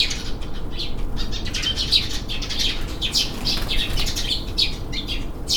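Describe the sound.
Bird chirps, repeated short high twittering notes over a steady loud low rumble of background noise.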